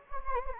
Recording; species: mosquito wingbeat signal from an infrared sensor; Anopheles gambiae